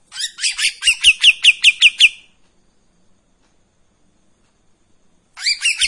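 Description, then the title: Streak-eared bulbul song: about ten loud, evenly paced piping notes, silence for three seconds, then another quick run of notes begins. Long song phrases of the styles called tembakan and besetan panjang, from a bird in full song (gacor); recording meant as tutor audio for training white-rumped shama. "KAPAS TEMBAK GACOR TEMBAKAN DAN BESETAN PANJANG MASTERAN MURAI BATU PASTOL"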